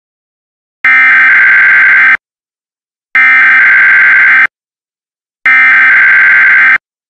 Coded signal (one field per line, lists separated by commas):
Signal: Emergency Alert System (SAME) tones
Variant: header bursts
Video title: EAS Scenario: Yellowstone